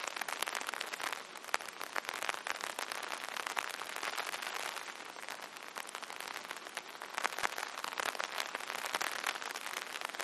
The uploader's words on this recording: Rain on Umbrella 4 Hours Relaxing Nature Sounds.